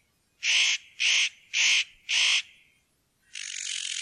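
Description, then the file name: Spotted nutcracker giving four loud, harsh rasping calls at about half-second intervals, followed by a burst of broad hissing noise. "noettekraake"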